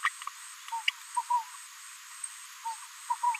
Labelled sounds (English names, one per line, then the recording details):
Green-rumped Parrotlet babbling
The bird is a female
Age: 23 days
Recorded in a nest box in Venezuela
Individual 17B73B2